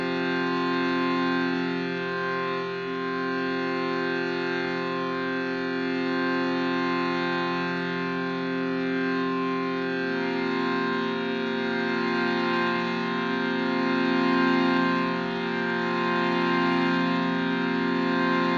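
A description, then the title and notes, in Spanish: A meditation piece with a shruti box holds a dense, unbroken drone of many stacked tones for the full length. Around ten seconds the chord shifts slightly. A gentle swell in loudness comes near fourteen seconds, with no sharp struck attacks. Meditación con cuencos.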